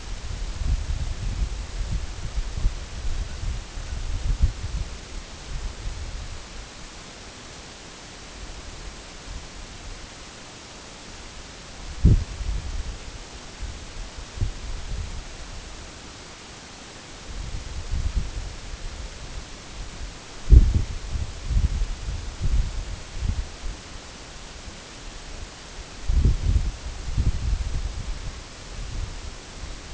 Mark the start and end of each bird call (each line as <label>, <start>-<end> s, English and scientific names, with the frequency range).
Canada Goose (Branta canadensis) (0.6-2.0 kHz), 3.25-3.40 s
Canada Goose (Branta canadensis) (0.5-2.0 kHz), 3.81-3.96 s